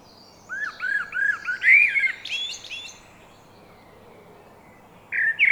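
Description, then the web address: Eurasian blackbird song: a run of several arched whistled notes, then a squeaky high twitter, a pause of about two seconds, and the start of another phrase. "SETE data Turdus merula"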